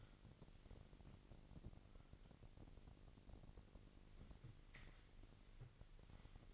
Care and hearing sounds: daily activity, microphone in the room; wipe stove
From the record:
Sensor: 4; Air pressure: 1002.4 hPa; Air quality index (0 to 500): 215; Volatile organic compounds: 11 ppm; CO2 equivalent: 2320 ppm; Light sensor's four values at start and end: 18/66/24/24 and 18/66/24/24

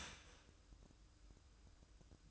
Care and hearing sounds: daily activity, microphone in the room; start toaster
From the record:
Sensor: 2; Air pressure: 1006.9 hPa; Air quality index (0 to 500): 44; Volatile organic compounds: 1 ppm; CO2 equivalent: 552 ppm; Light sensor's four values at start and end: 7/16/7/7 and 7/16/7/7

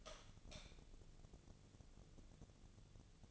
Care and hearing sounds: daily activity, microphone in the room; light on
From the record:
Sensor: 4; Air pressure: 1000.9 hPa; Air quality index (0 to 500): 125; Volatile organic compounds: 1 ppm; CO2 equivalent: 937 ppm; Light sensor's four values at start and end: 32/77/32/34 and 33/83/34/37

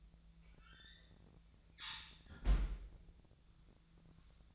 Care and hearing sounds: daily activity, microphone in the room; close fridge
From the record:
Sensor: 3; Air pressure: 1009.6 hPa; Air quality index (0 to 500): 193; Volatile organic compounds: 15 ppm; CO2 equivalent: 2514 ppm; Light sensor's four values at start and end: 33/82/35/37 and 34/85/36/38

